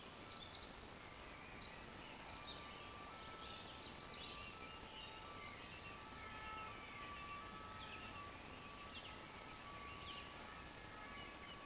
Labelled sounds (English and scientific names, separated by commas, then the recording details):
Eurasian Woodcock (Scolopax rusticola)
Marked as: woodcock, woodcock, woodcock, woodcock, woodcock
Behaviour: display flight
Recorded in Baden-Württemberg, Germany, on 16 June 2020 at 20:03 UTC
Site 14569, 102 m above sea level